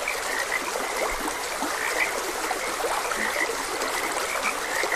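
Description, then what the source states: Frogs croaking in a steady chorus, short bright notes repeating around a constant band, over the continuous rush and trickle of a flowing stream. Frogs croaking beside a gentle stream; uninterrupted ambient nature sounds.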